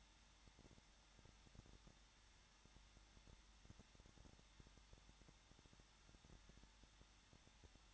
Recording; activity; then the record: daily activity, microphone in the room; no activity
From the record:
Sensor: 3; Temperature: 21.2 degrees Celsius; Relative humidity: 36.4%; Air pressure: 1006.4 hPa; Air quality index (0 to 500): 222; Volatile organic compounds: 42 ppm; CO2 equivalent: 3182 ppm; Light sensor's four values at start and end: 2/3/2/2 and 2/3/2/2